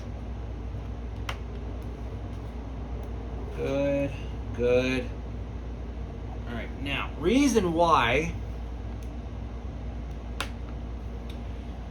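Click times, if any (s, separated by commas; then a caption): 10.4 s. A plastic flap control linkage part is pressed onto its mount on a Volantex Ranger 2400 (757-9) foam RC airplane airframe during its build, so the flaps can be set. Someone talks over a steady background hum, and one sharp click at 10.4 s marks the part snapping into place.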